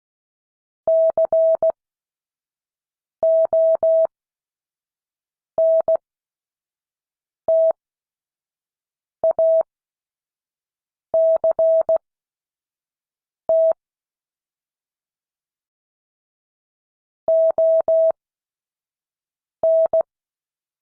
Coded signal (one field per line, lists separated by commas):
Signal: Morse code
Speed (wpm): 16 wpm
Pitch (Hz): 650 Hz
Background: none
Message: CONTACT ON